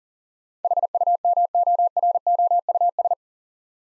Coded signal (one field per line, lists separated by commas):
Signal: Morse code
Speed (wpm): 37 wpm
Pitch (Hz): 700 Hz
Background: none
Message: HUMOROUS